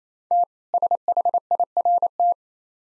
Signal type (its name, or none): Morse code